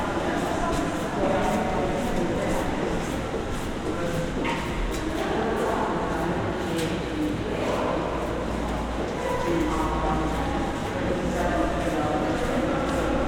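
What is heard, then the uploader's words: A London rooftop with a dense, steady wash of city sound: a constant low rumble of traffic underneath a blur of voices and activity. Faint scattered clicks and short knocks come and go throughout, and the overall level barely changes across the thirteen seconds. Rooftop, London. Là, sous un ciel qui se gratte, dans un jardin suspendu, on passe à l'heure du thé. Between 12 towers, dizzying stopover in Shoreditch, London.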